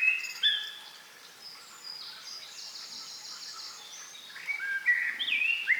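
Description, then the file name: Common blackbird song phrases: short twittering and whistled notes, brief high flourishes early and a run of clear slurred whistles near the end, over light background hiss. "Turdus merula"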